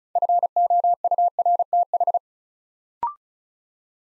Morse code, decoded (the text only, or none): FOURTH